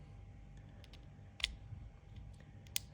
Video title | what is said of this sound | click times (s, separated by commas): Installing Samsung Galaxy Watch 4,5,6 & 7 Adapters | and then it should snap into place like that | 2.8 s